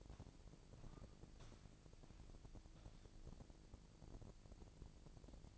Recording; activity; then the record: daily activity, microphone in the room; walk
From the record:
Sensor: 5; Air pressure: 1012.3 hPa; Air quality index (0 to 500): 158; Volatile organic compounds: 2 ppm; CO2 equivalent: 1084 ppm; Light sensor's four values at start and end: 343/826/353/394 and 341/822/351/391